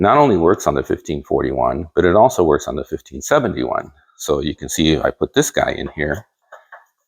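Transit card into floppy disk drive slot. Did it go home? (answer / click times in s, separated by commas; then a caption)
yes / 6.5 s, 6.7 s. A cardstock transit card (the 03 version) is pushed into the slot of a 1571 floppy disk drive while someone talks. After the talking stops, two short clicks are heard at 6.5 s and 6.7 s as the card clicks into place and the drive latch closes, leaving the card seated.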